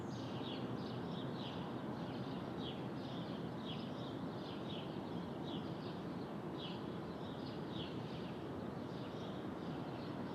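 Brooklyn at dawn: a steady, dense low rumble of traffic underlies frequent bright bird chirps that repeat throughout the ten seconds.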